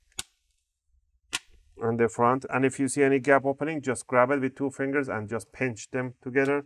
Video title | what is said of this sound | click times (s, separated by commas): Lenovo Ideapad S145 14Iwl Laptop Ram Upgrade Guide | and just push down the corners make sure you hear those clicks | 0.2 s, 1.4 s